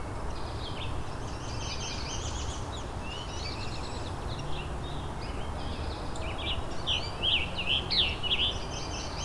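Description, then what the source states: Scarlet Tanager singing rough, buzzy phrases strung together in a choppy run, over a continuous low rumble. Dissonant song; fairly abundant in forested sections.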